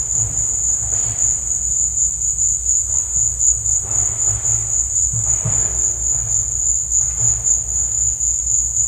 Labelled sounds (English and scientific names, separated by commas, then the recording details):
none
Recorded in dense forest near Puerto Asís, Putumayo, Colombia, on 21 December 2024 at 14:30
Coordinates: 0.468, -76.322
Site G071